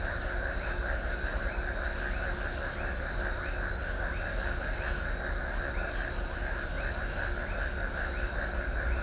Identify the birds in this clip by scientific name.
none